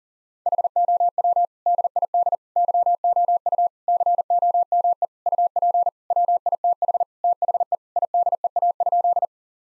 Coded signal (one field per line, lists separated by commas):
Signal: Morse code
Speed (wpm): 40 wpm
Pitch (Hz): 700 Hz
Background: none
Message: HOW DID YOU COME UP WITH THE IDEA?